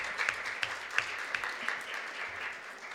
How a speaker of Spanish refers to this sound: Bueno, pues vamos a hacer un aplauso, pero más grande para todas, ¿no? Por haber intervenido, por los aportes que habéis hecho.